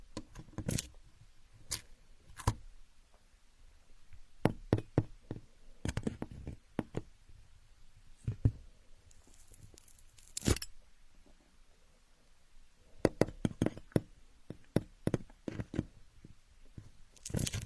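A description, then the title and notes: Building blocks clack and knock together in irregular bursts, sharp wooden taps scattered across the clip with short quiet gaps between them. Clusters of quick hits arrive around the two, six and thirteen to fifteen second marks, and a brief rattling scrape comes near ten seconds. Asmr, playing with building blocks.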